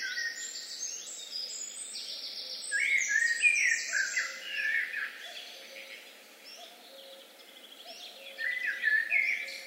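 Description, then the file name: Eurasian blackbird song: a long warbled phrase full of squeaky high twitters, a quieter stretch with faint low piping notes, then another phrase. "Turdus merula"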